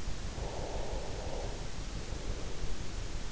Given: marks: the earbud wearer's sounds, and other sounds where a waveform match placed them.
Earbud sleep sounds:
sounds in sleep by an in-ear microphone; breath
0.41-3.21 s: breath

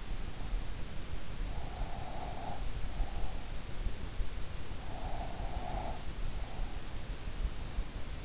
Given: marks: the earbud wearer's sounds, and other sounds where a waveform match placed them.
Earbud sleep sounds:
sounds in sleep by an in-ear microphone; breath
1.45-2.82 s: breath
4.82-6.40 s: breath

